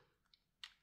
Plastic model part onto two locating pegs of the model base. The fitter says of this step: tourner dans l'autre sens ce sera mieux puisque nous avons deux Picot en dessous et là on a deux trous qui vont venir se clipser dessus